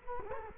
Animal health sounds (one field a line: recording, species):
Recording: mosquito wingbeat signal from an infrared sensor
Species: Culex quinquefasciatus